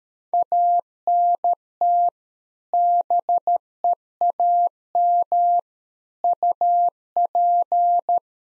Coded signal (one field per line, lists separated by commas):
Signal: Morse code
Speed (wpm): 13 wpm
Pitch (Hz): 700 Hz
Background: none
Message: ANT BEAM UP